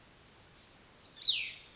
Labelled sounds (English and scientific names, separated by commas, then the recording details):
Brown Creeper (Certhia americana)
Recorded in Sonoma County, California